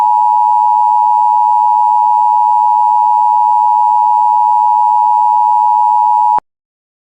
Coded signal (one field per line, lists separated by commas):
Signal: Emergency Alert System (SAME) tones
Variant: 853 and 960 Hz attention tone